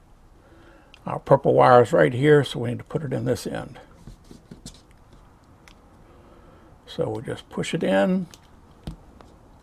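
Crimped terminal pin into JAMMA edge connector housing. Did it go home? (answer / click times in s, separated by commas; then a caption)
yes / 8.9 s. A crimped metal pin on the purple -5 V wire is pushed into the plastic JAMMA edge connector housing while someone talks. A short, sharp click at 8.9 seconds marks the pin seating in place.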